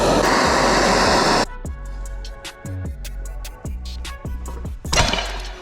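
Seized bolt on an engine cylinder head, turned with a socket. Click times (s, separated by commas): 4.9 s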